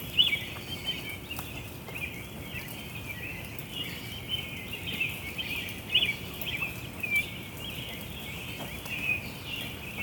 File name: Birds Chirping Chstertown MD June 5 2017